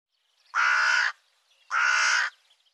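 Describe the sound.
Bird call: two grating caws of similar length and pitch, about a second apart, in an otherwise silent background.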